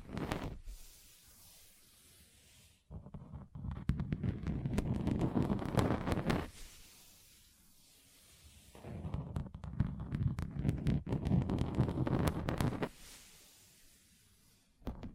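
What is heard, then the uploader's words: Fingers tap rapidly on a table, the hits coming in two dense runs of several seconds each, around the third and ninth seconds, with a low rumbling drum-like body. Quieter gaps between the runs hold only sparse, scattered taps and faint noise. ASMR Relaxing Table Tapping Different Surfaces (No Talking).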